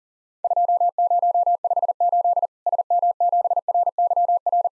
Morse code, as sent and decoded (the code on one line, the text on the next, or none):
..--- ----- ..... ---.. / ... -- --... .-. -.-- .-.
2058 SM7RYR